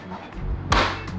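The bottom of a plastic door card is pressed onto a Supra's door frame during a GT3 RS door strap install, and its retaining clip, the last one to go in, snaps into place with one sharp hit at 0.7 s. The clip is seated.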